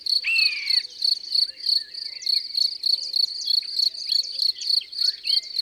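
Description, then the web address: Common buzzard giving a single descending mewing call early on, over a steady high insect trill pulsing rapidly throughout, with faint bird chirps. "Buse-variable abc-de-la-nature"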